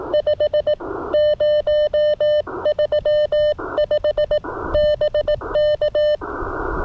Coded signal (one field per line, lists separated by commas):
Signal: Morse code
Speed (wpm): 18 wpm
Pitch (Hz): 590 Hz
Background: none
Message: 5 035 BK